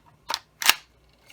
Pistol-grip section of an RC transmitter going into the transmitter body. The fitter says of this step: and to put it back simply slide it back in and it will lock into place